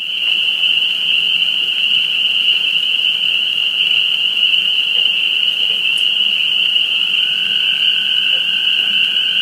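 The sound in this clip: Spring peepers in a dense chorus, a steady high ringing band of overlapping peeps, with a fainter lower continuous tone joining in the last few seconds.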